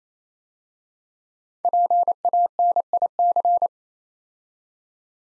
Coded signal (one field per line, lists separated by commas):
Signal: Morse code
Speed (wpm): 28 wpm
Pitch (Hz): 700 Hz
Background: none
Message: PANIC